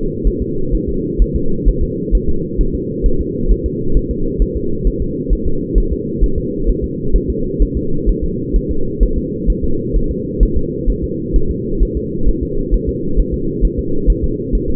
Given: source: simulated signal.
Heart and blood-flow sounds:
fetal heart sounds
0.27 s: S1
0.42 s: S2
0.75 s: S1
0.89 s: S2
1.22 s: S1
1.36 s: S2
1.69 s: S1
1.83 s: S2
2.15 s: S1
2.29 s: S2
2.61 s: S1
2.75 s: S2
3.06 s: S1
3.21 s: S2
3.51 s: S1
3.66 s: S2
3.97 s: S1
4.11 s: S2
4.42 s: S1
4.57 s: S2
4.87 s: S1
5.02 s: S2
5.33 s: S1
5.47 s: S2
5.78 s: S1
5.93 s: S2
6.23 s: S1
6.38 s: S2
6.69 s: S1
6.84 s: S2
7.16 s: S1
7.30 s: S2
7.62 s: S1
7.77 s: S2
8.09 s: S1
8.24 s: S2
8.56 s: S1
8.71 s: S2
9.03 s: S1
9.18 s: S2
9.50 s: S1
9.64 s: S2
9.96 s: S1
10.11 s: S2
10.43 s: S1
10.57 s: S2
10.90 s: S1
11.04 s: S2
11.36 s: S1
11.51 s: S2
11.82 s: S1
11.97 s: S2
12.29 s: S1
12.43 s: S2
12.74 s: S1
12.89 s: S2
13.19 s: S1
13.34 s: S2
13.65 s: S1
13.79 s: S2
14.10 s: S1
14.24 s: S2
14.55 s: S1
14.70 s: S2
From the record:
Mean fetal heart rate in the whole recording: 130 bpm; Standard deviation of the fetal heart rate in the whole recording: 2 bpm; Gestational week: 36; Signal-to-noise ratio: -8.1 dB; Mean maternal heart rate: 72 bpm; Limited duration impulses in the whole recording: absent

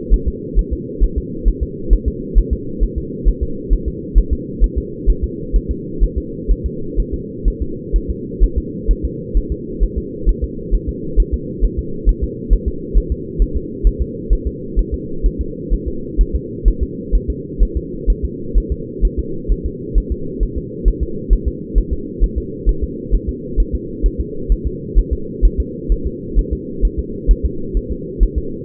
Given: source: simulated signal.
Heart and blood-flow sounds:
fetal heart sounds
0.14 s: S1
0.28 s: S2
0.59 s: S1
0.73 s: S2
1.04 s: S1
1.18 s: S2
1.48 s: S1
1.63 s: S2
1.93 s: S1
2.08 s: S2
2.38 s: S1
2.53 s: S2
2.84 s: S1
2.98 s: S2
3.29 s: S1
3.43 s: S2
3.73 s: S1
3.88 s: S2
4.18 s: S1
4.33 s: S2
4.64 s: S1
4.78 s: S2
5.10 s: S1
5.24 s: S2
5.56 s: S1
5.71 s: S2
6.04 s: S1
6.18 s: S2
6.51 s: S1
6.66 s: S2
7.00 s: S1
7.14 s: S2
7.48 s: S1
7.62 s: S2
7.96 s: S1
8.10 s: S2
8.44 s: S1
8.58 s: S2
8.91 s: S1
9.05 s: S2
9.37 s: S1
9.52 s: S2
9.84 s: S1
9.98 s: S2
10.29 s: S1
10.44 s: S2
10.75 s: S1
10.89 s: S2
11.20 s: S1
11.34 s: S2
11.65 s: S1
11.79 s: S2
12.09 s: S1
12.24 s: S2
12.53 s: S1
12.68 s: S2
12.98 s: S1
13.12 s: S2
13.42 s: S1
13.57 s: S2
13.87 s: S1
14.02 s: S2
14.33 s: S1
14.47 s: S2
14.79 s: S1
14.94 s: S2
15.26 s: S1
15.41 s: S2
15.74 s: S1
15.88 s: S2
16.21 s: S1
16.35 s: S2
16.68 s: S1
16.83 s: S2
17.15 s: S1
17.30 s: S2
17.63 s: S1
17.77 s: S2
18.10 s: S1
18.25 s: S2
18.58 s: S1
18.72 s: S2
19.05 s: S1
19.19 s: S2
19.52 s: S1
19.66 s: S2
19.98 s: S1
20.12 s: S2
20.43 s: S1
20.58 s: S2
20.88 s: S1
21.03 s: S2
21.33 s: S1
21.48 s: S2
21.78 s: S1
21.93 s: S2
22.24 s: S1
22.38 s: S2
22.69 s: S1
22.84 s: S2
23.15 s: S1
23.29 s: S2
23.60 s: S1
23.75 s: S2
24.06 s: S1
24.20 s: S2
24.52 s: S1
24.67 s: S2
24.99 s: S1
25.13 s: S2
25.45 s: S1
25.60 s: S2
25.92 s: S1
26.07 s: S2
26.39 s: S1
26.53 s: S2
26.85 s: S1
26.99 s: S2
27.31 s: S1
27.45 s: S2
27.77 s: S1
27.92 s: S2
28.23 s: S1
28.38 s: S2
From the record:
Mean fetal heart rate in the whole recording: 130 bpm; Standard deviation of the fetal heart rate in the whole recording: 2 bpm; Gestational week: 36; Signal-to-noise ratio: -4.3 dB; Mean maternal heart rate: 72 bpm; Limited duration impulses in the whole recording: absent

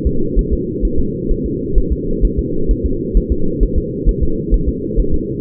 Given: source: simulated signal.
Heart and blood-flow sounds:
fetal heart sounds
0.07 s: S2
0.39 s: S1
0.53 s: S2
0.85 s: S1
1.00 s: S2
1.31 s: S1
1.46 s: S2
1.78 s: S1
1.92 s: S2
2.25 s: S1
2.39 s: S2
2.71 s: S1
2.86 s: S2
3.17 s: S1
3.32 s: S2
3.63 s: S1
3.78 s: S2
4.09 s: S1
4.23 s: S2
4.54 s: S1
4.69 s: S2
5.00 s: S1
5.14 s: S2
From the record:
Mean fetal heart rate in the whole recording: 130 bpm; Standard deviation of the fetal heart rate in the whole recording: 2 bpm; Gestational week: 36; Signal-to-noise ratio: -8.1 dB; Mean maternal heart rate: 72 bpm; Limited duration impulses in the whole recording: absent

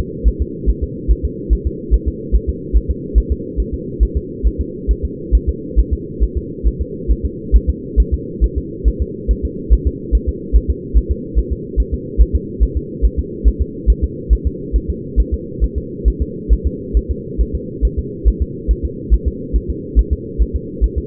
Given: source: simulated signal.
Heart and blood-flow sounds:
fetal heart sounds
0.28 s: S1
0.42 s: S2
0.69 s: S1
0.83 s: S2
1.11 s: S1
1.25 s: S2
1.53 s: S1
1.67 s: S2
1.94 s: S1
2.08 s: S2
2.35 s: S1
2.49 s: S2
2.77 s: S1
2.91 s: S2
3.18 s: S1
3.32 s: S2
3.60 s: S1
3.74 s: S2
4.03 s: S1
4.17 s: S2
4.47 s: S1
4.61 s: S2
4.91 s: S1
5.05 s: S2
5.35 s: S1
5.49 s: S2
5.79 s: S1
5.93 s: S2
6.23 s: S1
6.38 s: S2
6.67 s: S1
6.81 s: S2
7.11 s: S1
7.25 s: S2
7.56 s: S1
7.70 s: S2
8.00 s: S1
8.14 s: S2
8.44 s: S1
8.58 s: S2
8.88 s: S1
9.02 s: S2
9.31 s: S1
9.45 s: S2
9.73 s: S1
9.87 s: S2
10.15 s: S1
10.29 s: S2
10.56 s: S1
10.70 s: S2
10.97 s: S1
11.11 s: S2
11.38 s: S1
11.52 s: S2
11.80 s: S1
11.94 s: S2
12.21 s: S1
12.35 s: S2
12.63 s: S1
12.77 s: S2
13.05 s: S1
13.19 s: S2
13.48 s: S1
13.62 s: S2
13.90 s: S1
14.04 s: S2
14.33 s: S1
14.47 s: S2
14.76 s: S1
14.90 s: S2
15.20 s: S1
15.34 s: S2
15.64 s: S1
15.78 s: S2
16.08 s: S1
16.22 s: S2
16.53 s: S1
16.67 s: S2
16.97 s: S1
17.11 s: S2
17.41 s: S1
17.55 s: S2
17.85 s: S1
17.99 s: S2
18.28 s: S1
18.42 s: S2
18.71 s: S1
18.85 s: S2
19.14 s: S1
19.28 s: S2
19.56 s: S1
19.70 s: S2
19.99 s: S1
20.13 s: S2
20.42 s: S1
20.56 s: S2
20.84 s: S1
20.98 s: S2
From the record:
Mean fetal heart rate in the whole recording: 140 bpm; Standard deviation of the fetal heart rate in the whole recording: 2 bpm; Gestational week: 34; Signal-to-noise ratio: -4.1 dB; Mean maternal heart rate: no maternal heart sound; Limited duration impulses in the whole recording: absent

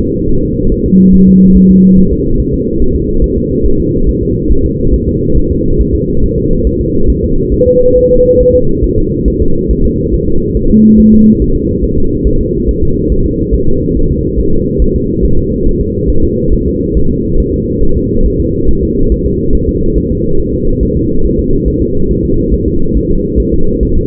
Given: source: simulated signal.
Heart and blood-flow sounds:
fetal heart sounds
0.00 s: S2
0.29 s: S1
0.43 s: S2
0.72 s: S1
0.86 s: S2
1.15 s: S1
1.29 s: S2
1.57 s: S1
1.71 s: S2
1.98 s: S1
2.12 s: S2
2.40 s: S1
2.54 s: S2
2.82 s: S1
2.96 s: S2
3.24 s: S1
3.38 s: S2
3.66 s: S1
3.80 s: S2
4.09 s: S1
4.23 s: S2
4.52 s: S1
4.66 s: S2
4.94 s: S1
5.09 s: S2
5.37 s: S1
5.52 s: S2
5.80 s: S1
5.95 s: S2
6.24 s: S1
6.38 s: S2
6.67 s: S1
6.81 s: S2
7.10 s: S1
7.24 s: S2
7.54 s: S1
7.68 s: S2
7.97 s: S1
8.11 s: S2
8.41 s: S1
8.55 s: S2
8.84 s: S1
8.98 s: S2
9.28 s: S1
9.42 s: S2
9.71 s: S1
9.85 s: S2
10.14 s: S1
10.28 s: S2
10.57 s: S1
10.71 s: S2
11.00 s: S1
11.14 s: S2
11.42 s: S1
11.56 s: S2
11.84 s: S1
11.98 s: S2
12.27 s: S1
12.41 s: S2
12.69 s: S1
12.83 s: S2
13.12 s: S1
13.26 s: S2
13.54 s: S1
13.69 s: S2
13.97 s: S1
14.11 s: S2
14.39 s: S1
14.54 s: S2
14.82 s: S1
14.96 s: S2
15.25 s: S1
15.39 s: S2
15.67 s: S1
15.81 s: S2
16.10 s: S1
16.24 s: S2
16.53 s: S1
16.67 s: S2
16.97 s: S1
17.11 s: S2
17.40 s: S1
17.54 s: S2
17.83 s: S1
17.97 s: S2
18.26 s: S1
18.40 s: S2
18.69 s: S1
18.83 s: S2
19.12 s: S1
19.26 s: S2
19.55 s: S1
19.69 s: S2
19.98 s: S1
20.12 s: S2
20.40 s: S1
20.54 s: S2
20.83 s: S1
20.97 s: S2
21.25 s: S1
21.39 s: S2
21.68 s: S1
21.82 s: S2
22.11 s: S1
22.25 s: S2
22.54 s: S1
22.68 s: S2
22.97 s: S1
23.11 s: S2
23.40 s: S1
23.54 s: S2
23.83 s: S1
23.97 s: S2
From the record:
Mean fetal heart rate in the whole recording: 140 bpm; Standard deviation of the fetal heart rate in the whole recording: 2 bpm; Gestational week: 34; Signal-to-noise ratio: -17.7 dB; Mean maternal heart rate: 72 bpm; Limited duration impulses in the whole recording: present

